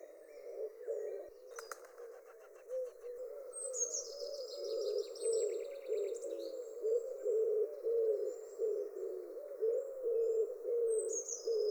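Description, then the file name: Common wood pigeon giving soft, low repeated coos, while other small birds twitter and trill higher up. "houtduif"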